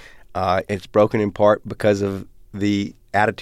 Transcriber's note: none